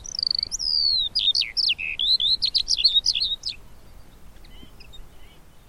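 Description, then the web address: Eurasian skylark song fragment: a quick run of high, chirping and trilled notes for a few seconds, then near silence with faint twitters. "Deverinetal"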